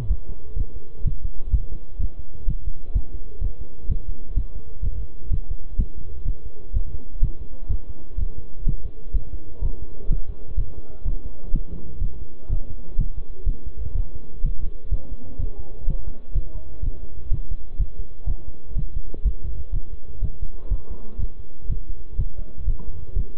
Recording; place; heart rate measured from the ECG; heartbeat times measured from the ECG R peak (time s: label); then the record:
heart sounds by stethoscope; between the tricuspid and mitral areas; 125 bpm
0.11 s: heartbeat
0.57 s: heartbeat
1.06 s: heartbeat
1.54 s: heartbeat
2.00 s: heartbeat
2.49 s: heartbeat
2.96 s: heartbeat
3.42 s: heartbeat
3.90 s: heartbeat
4.37 s: heartbeat
4.84 s: heartbeat
5.32 s: heartbeat
5.79 s: heartbeat
6.26 s: heartbeat
6.75 s: heartbeat
7.23 s: heartbeat
7.70 s: heartbeat
8.19 s: heartbeat
8.67 s: heartbeat
9.15 s: heartbeat
9.63 s: heartbeat
10.11 s: heartbeat
10.58 s: heartbeat
11.06 s: heartbeat
11.54 s: heartbeat
12.02 s: heartbeat
12.51 s: heartbeat
12.99 s: heartbeat
13.47 s: heartbeat
13.96 s: heartbeat
14.45 s: heartbeat
14.92 s: heartbeat
15.40 s: heartbeat
15.88 s: heartbeat
16.36 s: heartbeat
16.83 s: heartbeat
17.32 s: heartbeat
17.80 s: heartbeat
18.28 s: heartbeat
18.77 s: heartbeat
19.26 s: heartbeat
19.74 s: heartbeat
20.23 s: heartbeat
20.72 s: heartbeat
21.20 s: heartbeat
21.70 s: heartbeat
22.19 s: heartbeat
22.68 s: heartbeat
23.17 s: heartbeat
From the record:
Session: bicycle stress test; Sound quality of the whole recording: good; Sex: male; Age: 23 years